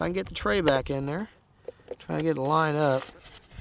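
Someone talks while lining up the battery tray and pushing it back into the fuselage of an FMS Integral 80mm foam RC jet running a LiHV pack. A couple of faint, brief taps sound during a short pause between the talking. The clip ends before the tray goes home, so nothing has seated or clicked yet.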